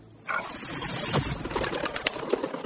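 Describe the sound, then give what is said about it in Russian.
A sudden burst of flapping wings as a flock of birds scatters when a she-wolf attacks them, the rapid fluttering beats building into a dense, busy flurry that keeps going to the end. “Нападает на птиц, птицы разлетаются.”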